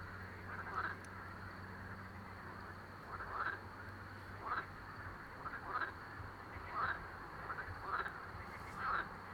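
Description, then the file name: Frogs calling, short croaking notes repeated about every second, spaced irregularly, over background noise, with a low hum in the first half. Several frogs calling together. "Babble of Frogs"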